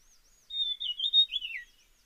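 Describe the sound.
Dusky fulvetta call: one short warbling phrase of quick up-and-down notes, slurring downward at the end, with faint high twitters around it.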